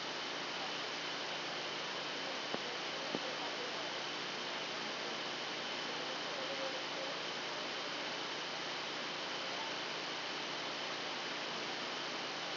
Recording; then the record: brain microelectrode recording played as sound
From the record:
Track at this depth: inside the subthalamic nucleus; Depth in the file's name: 1.513 mm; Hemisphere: left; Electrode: 2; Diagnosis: Parkinson's disease